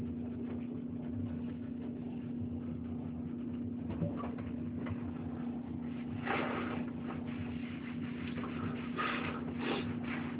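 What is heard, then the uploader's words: Steady background noise recorded in a shower: a constant low hum with a firm droning tone underneath a dense, even wash of hiss. Brief louder rushes of spray-like hiss break through around six seconds and again near nine to ten seconds. Shower recording of background noise.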